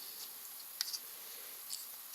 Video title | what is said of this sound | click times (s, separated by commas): Generations Windblade Video Review | these snap into place forming the lower leg and for awesome looking heel | 0.8 s